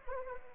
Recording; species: mosquito wingbeat signal from an infrared sensor; Anopheles arabiensis